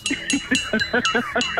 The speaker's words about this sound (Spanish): No, porque hay una pasó una vaca con un cencerro.